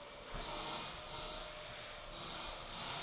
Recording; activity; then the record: daily activity, microphone in the room; vacuum cleaning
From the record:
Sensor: 5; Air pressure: 1009.7 hPa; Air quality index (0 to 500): 167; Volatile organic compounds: 4 ppm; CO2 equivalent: 1619 ppm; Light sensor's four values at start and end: 109/286/117/125 and 109/286/117/125